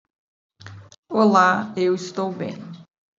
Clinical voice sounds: short text; Brazilian Portuguese; female; 50 to 59 years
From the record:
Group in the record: control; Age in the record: 53 years

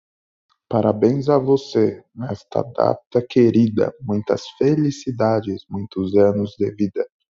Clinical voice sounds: short text; Brazilian Portuguese; male; 20 to 29 years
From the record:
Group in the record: control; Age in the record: 24 years

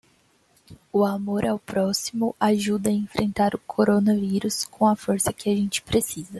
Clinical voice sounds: spoken sentence; Brazilian Portuguese; female; 20 to 29 years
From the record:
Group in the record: control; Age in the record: 20 years

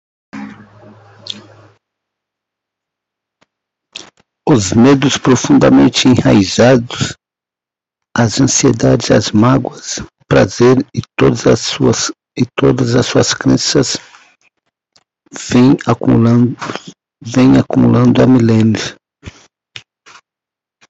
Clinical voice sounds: short text; Brazilian Portuguese; male; 50 to 59 years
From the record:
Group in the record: control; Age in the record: 53 years

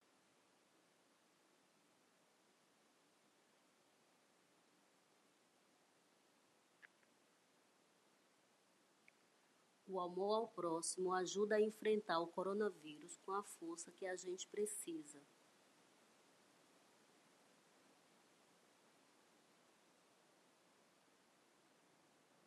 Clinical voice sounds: spoken sentence; Brazilian Portuguese; female; 40 to 49 years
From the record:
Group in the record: control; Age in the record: 49 years

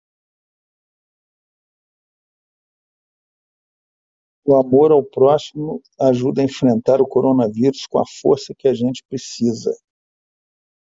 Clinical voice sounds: spoken sentence; Brazilian Portuguese; male; 60 to 69 years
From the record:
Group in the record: control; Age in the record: 63 years

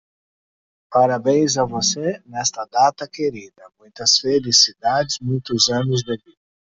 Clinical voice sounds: short text; Brazilian Portuguese; male; 50 to 59 years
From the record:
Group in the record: control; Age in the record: 58 years

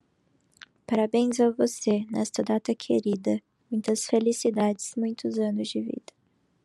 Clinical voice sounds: short text; Brazilian Portuguese; female; 20 to 29 years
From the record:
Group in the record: control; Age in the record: 21 years

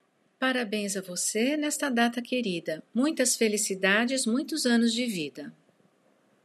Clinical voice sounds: short text; Brazilian Portuguese; female; 60 to 69 years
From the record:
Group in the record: control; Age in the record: 63 years

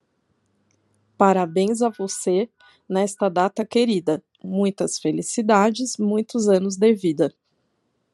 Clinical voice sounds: short text; Brazilian Portuguese; female; 40 to 49 years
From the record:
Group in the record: control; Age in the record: 42 years

